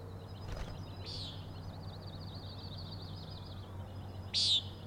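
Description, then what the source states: Common nighthawk calls twice with short buzzy nasal peents about three seconds apart, over continuous high chittering trills and a low background hum. Three birds giving peenting calls, flying in close follow-the-leader formation, remarkably close to the recordist; Overlook, Schoodic Head, Acadia National Park, Winter Harbor, Maine; 16 June 2017, 4am.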